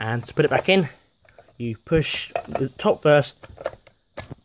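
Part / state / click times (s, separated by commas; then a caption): airsoft rifle magazine into the magazine well / seated / 4.2 s. Someone talks, then an airsoft rifle magazine is pushed into the magazine well top first and rocked in until it locks. A few small handling clicks come first, then the magazine seats with a sharp click at 4.2 s.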